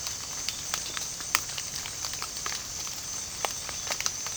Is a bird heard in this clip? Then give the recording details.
no. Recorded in pastures near Puerto Asís, Putumayo, Colombia, on 24 June 2025 at 18:30. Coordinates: 0.497, -76.327. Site G040